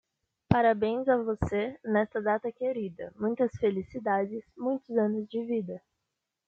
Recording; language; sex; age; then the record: short text; Brazilian Portuguese; female; 18 to 19 years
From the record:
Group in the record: control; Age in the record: 18 years